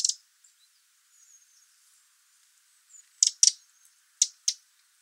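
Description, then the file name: Eurasian wren uttering dry, clicking tek notes, one at the start and then two pairs in quick succession, with faint high bird sounds in between. "Troglodytes troglodytes"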